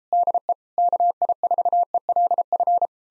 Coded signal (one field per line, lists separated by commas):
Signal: Morse code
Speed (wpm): 37 wpm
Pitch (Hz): 700 Hz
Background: none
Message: DE KI4ELF